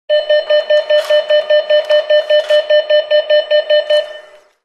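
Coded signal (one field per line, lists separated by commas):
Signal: alarm pattern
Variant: bank machine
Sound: rapid, evenly spaced harsh beeps, about five per second, about 20 in all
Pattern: 20 short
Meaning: Warns the user to take their card from the machine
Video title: Bank Machine Card Warning Beeps: SOUND EFFECT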